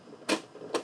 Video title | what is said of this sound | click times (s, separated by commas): CANON PRO 2000 & 4000 ERROR EC15-2E23 FIX & REPAIR STEP BY STEP TUTORIAL - CUTTER BLADE REPLACEMENT | and it's a line it clicks in | 0.3 s